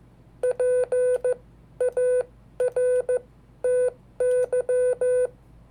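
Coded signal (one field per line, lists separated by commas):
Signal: Morse code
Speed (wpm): 14 wpm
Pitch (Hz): 500 Hz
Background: none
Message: PARTY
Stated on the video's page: Hand-sent Morse of historical dates, with sending mistakes left in.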